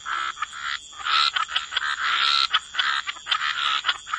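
Frogs croak in a dense chorus, harsh rasping notes overlapping with only brief gaps, with a faint steady high hum throughout.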